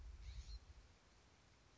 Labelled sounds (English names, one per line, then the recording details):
California Scrub-Jay
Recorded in Sonoma County, California